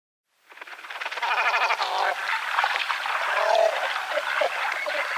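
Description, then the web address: Great cormorant calls starting after a brief silence, then harsh pulsed gargling and croaks building into steady, continuous calling. "Schulze Peter Great Cormorant"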